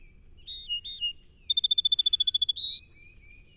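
Song sparrow singing two opening notes and a thin whistle, then a rapid rattling trill, a buzz and a final high whistle.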